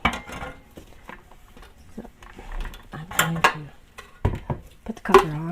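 A plastic cover is handled and set onto the bowl of an ice cream maker, with sharp knocks and light clattering around 0.1, 1.1, 4.0, 4.3 and 4.5 seconds while someone talks. The cover has not yet seated or locked into place by the end.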